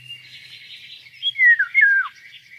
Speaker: En dan ga ik even laten horen hoe de wielenwaal klinkt.